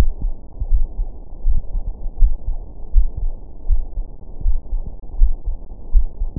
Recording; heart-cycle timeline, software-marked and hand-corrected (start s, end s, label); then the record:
heart sounds
0.00	0.12	S1
0.12	0.24	systole
0.24	0.34	S2
0.34	0.70	diastole
0.70	0.86	S1
0.86	1.00	systole
1.00	1.08	S2
1.08	1.46	diastole
1.46	1.62	S1
1.62	1.74	systole
1.74	1.84	S2
1.84	2.20	diastole
2.20	2.34	S1
2.34	2.48	systole
2.48	2.58	S2
2.58	2.94	diastole
2.94	3.08	S1
3.08	3.22	systole
3.22	3.32	S2
3.32	3.70	diastole
3.70	3.82	S1
3.82	3.96	systole
3.96	4.06	S2
4.06	4.44	diastole
4.44	4.58	S1
4.58	4.74	systole
4.74	4.84	S2
4.84	5.20	diastole
5.20	5.34	S1
5.34	5.48	systole
5.48	5.56	S2
5.56	5.94	diastole
5.94	6.08	S1
6.08	6.22	systole
6.22	6.30	S2
6.30	6.39	diastole
From the record:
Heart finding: coronary artery disease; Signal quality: good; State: rest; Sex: female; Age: 45 years